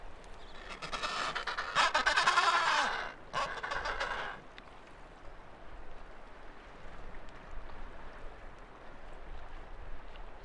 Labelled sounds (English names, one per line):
Adelie Penguin call